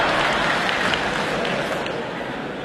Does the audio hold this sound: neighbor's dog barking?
no